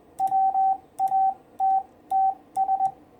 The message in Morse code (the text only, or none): WATTS